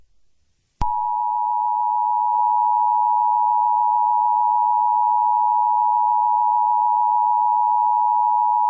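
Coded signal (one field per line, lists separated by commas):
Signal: Emergency Alert System (SAME) tones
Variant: 853 and 960 Hz attention tone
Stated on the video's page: Fictional EAS scenario about a tornado outbreak, not representing any real event, made with phone editing apps.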